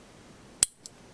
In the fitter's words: firing pin safety button again and you'll hear it snap into place